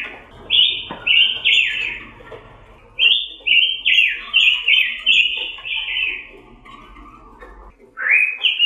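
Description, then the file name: Red-billed leiothrix singing lively warbled phrases of slurred, fluty notes, a short burst, a longer run after a pause, then a rising note at the end. Pancawarna (five-colour) variety of red-billed leiothrix. "robin pancawarna"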